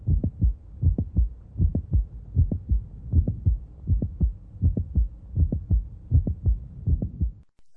The click is very close to the first heart sound. Mid-systolic click that is coherent or can be moved with various maneuvers.